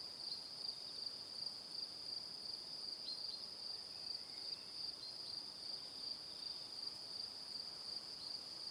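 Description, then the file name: Cricket chirping in a continuous shrill pulsing trill, unbroken throughout, over a quiet hissy background. Evening. "Calm - Evening Crickets"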